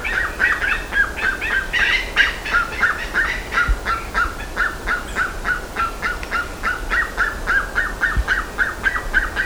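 Bird giving rapid, repeated chattering notes, several per second, in steady pulses throughout with a faint background hiss.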